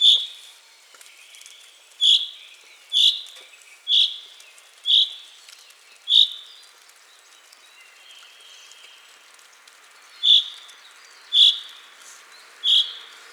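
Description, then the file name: Common chaffinch giving short, bright call notes, nine in all, repeated about once a second with a pause of several seconds midway, in a quiet background. "Common-Chaffinch-2 D 00-Fringilla-coelebs"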